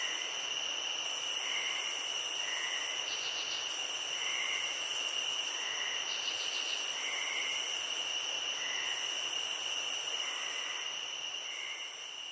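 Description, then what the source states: Crickets trilling steadily at high pitch, with lower notes recurring in a loose rhythm and pulsing buzzes appearing now and then. Nature ambience recording.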